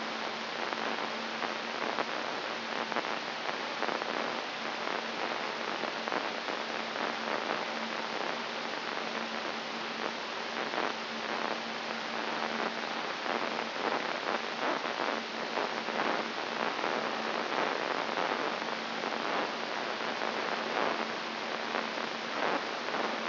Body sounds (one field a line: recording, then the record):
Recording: brain microelectrode recording played as sound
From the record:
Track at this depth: inside the subthalamic nucleus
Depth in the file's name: 3.542 mm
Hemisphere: right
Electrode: 3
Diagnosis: Parkinson's disease